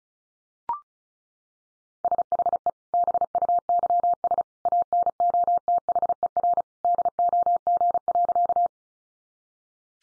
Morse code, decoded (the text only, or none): SHE BUYS ANOTHER DOG.